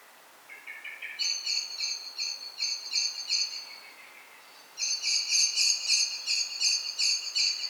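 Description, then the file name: Common blackbird calling. A few slightly lower, rising notes lead into a run of high, ringing notes, and after a brief lull a louder run follows. "Turdus merula"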